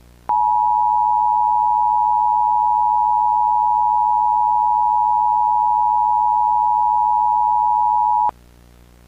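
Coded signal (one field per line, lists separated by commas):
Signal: Emergency Alert System (SAME) tones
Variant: 853 and 960 Hz attention tone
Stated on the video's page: Recreated EAS alert using a wrong event code; tones stated to be valid.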